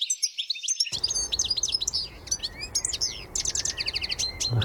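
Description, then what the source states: European goldfinch singing a bright, unstructured run of high chirps, short trills and sharp whistled notes, delivered quickly and continuously. Song described as a twittering chatter: a string of calls, trills, whistles and high notes mixed without structure, lively and cheerful.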